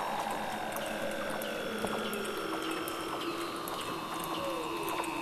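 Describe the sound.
Weddell seal underwater calls: several long steady tones overlap with slow descending glides and scattered sharp clicks, over a constant hissing background.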